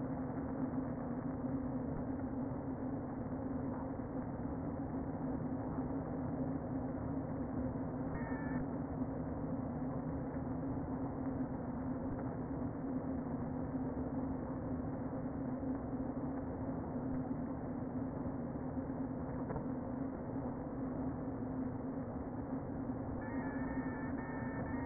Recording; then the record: honeybee colony, microphone inside the hive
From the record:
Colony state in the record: queen present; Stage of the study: before two queens were removed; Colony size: about 60,000 bees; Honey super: yes